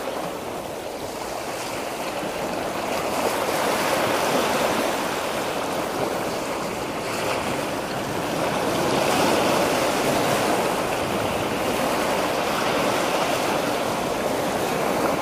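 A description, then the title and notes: Ocean waves rush in a steady, dense wash of hissing water with no clear breaks between them. The roar swells slightly louder around the middle and stays full to the end, sounding mostly bright, with little low rumble underneath. Wave Sounds. Ocean Waves.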